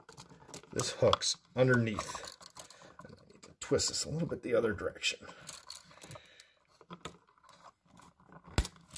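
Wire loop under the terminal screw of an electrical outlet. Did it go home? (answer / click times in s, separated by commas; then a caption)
yes / 8.6 s. A stripped copper wire bent into a hook is twisted and pushed under the screw terminal on the side of a replacement wall outlet while someone talks, with small handling clicks along the way. A sharp snap at 8.6 s marks the wire loop seating under the terminal screw before the screw is tightened.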